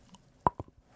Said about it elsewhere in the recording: So I got TMJ. It's that thing where you grind your teeth at night. And my jaw pops around. That's my jaw popping.